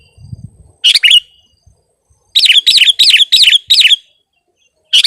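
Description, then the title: Sooty-headed bulbul: a quick double phrase, then a fast run of five chirpy, warbling phrases and one more at the end; a soft low thump opens. "kutilang"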